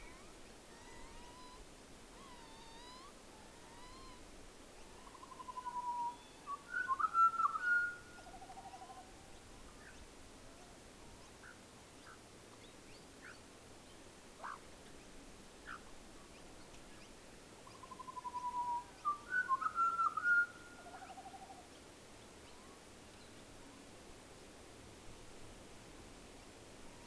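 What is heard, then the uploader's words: Wood ducks give two bursts of nasal, whistly mewing calls, around six to eight seconds and again near nineteen to twenty-one. Faint chirps sound early on, and scattered short ticks fall between the bursts over a steady low hiss. Menindee Lakes. Recorded overnight in late 2020, featuring many bats, insects, a few nightjar, and some Wood Ducks.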